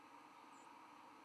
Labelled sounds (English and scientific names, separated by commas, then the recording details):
White-throated Sparrow (Zonotrichia albicollis) flight call
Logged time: 07:02 on 11 November 2014